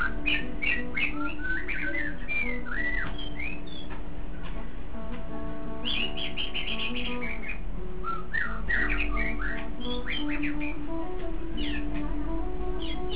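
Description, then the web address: White-rumped shama song: rich, rapid whistled phrases with sweeping and slurred notes, sung almost continuously, over a steady low hum and faint tonal drone. "shanlung 9 shamasong"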